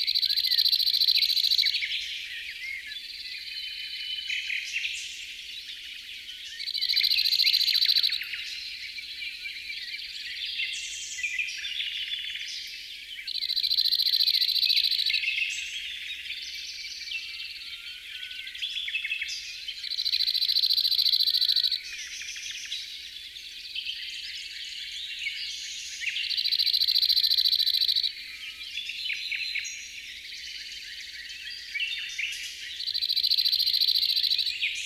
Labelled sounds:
Cirl Bunting (Emberiza cirlus) song

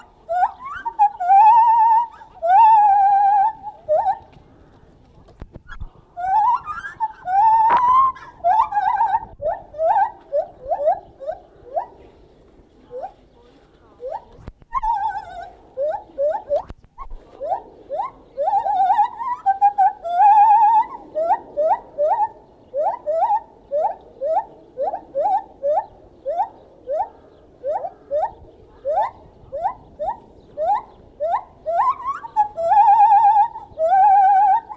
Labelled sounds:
Lar Gibbon (Hylobates lar)

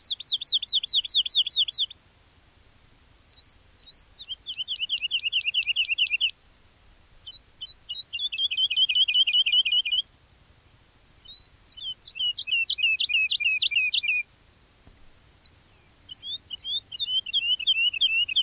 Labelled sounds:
Wood Lark (Lullula arborea)

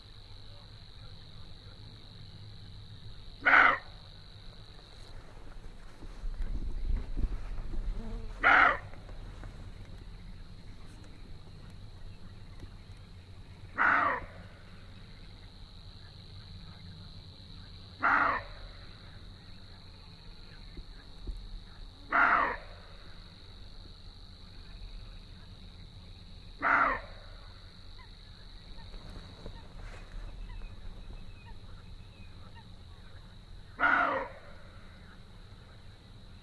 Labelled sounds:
Western Roe Deer (Capreolus capreolus) barking

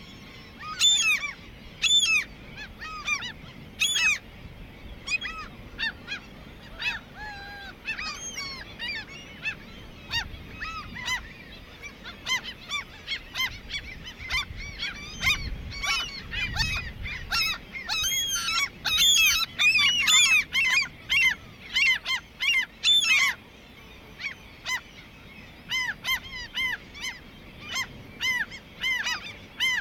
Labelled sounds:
Common Gull (Larus canus) call

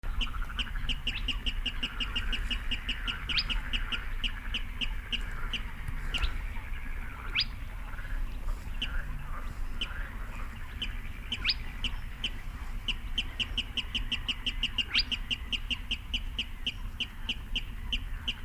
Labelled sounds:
Spotted Crake (Porzana porzana)

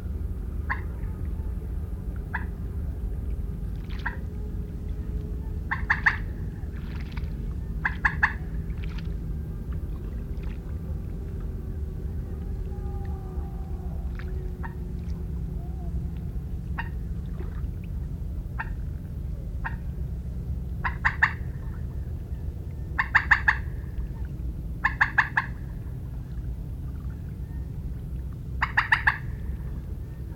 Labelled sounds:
Common Moorhen (Gallinula chloropus) call

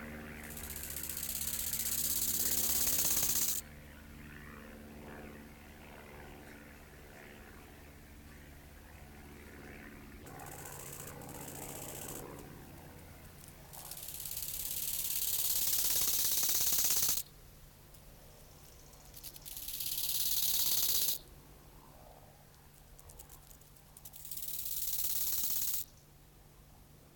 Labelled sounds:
Bow-winged Grasshopper (Chorthippus biguttulus) stridulation

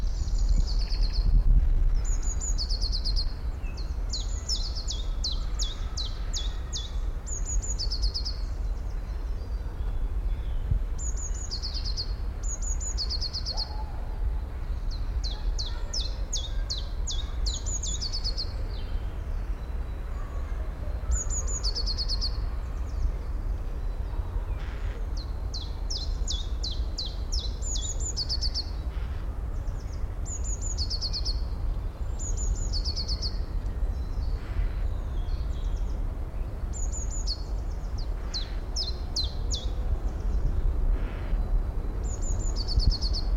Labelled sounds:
Common Chiffchaff (Phylloscopus collybita)

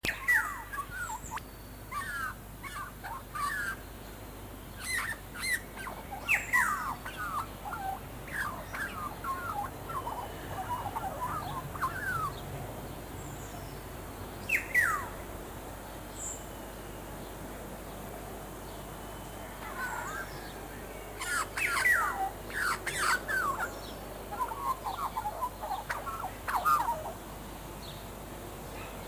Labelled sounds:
Australian Magpie (Gymnorhina tibicen) song

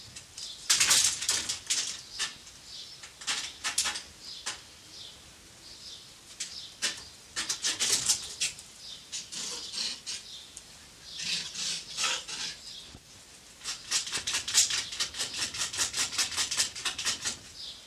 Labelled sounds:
Arctic Fox (Vulpes lagopus)

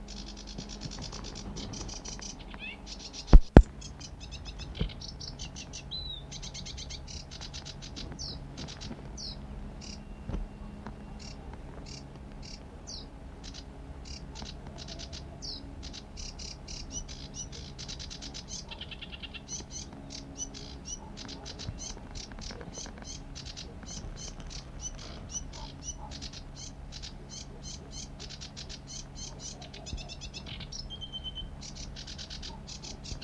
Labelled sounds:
Sedge Warbler (Acrocephalus schoenobaenus) song

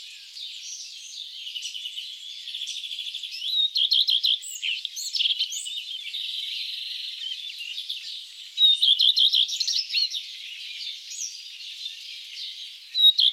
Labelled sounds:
Common Redstart (Phoenicurus phoenicurus) song

